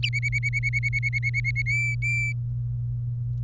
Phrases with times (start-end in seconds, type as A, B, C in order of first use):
0.03-1.62 A, 1.66-2.32 B